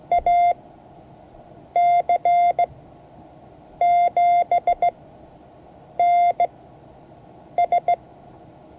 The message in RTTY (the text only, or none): none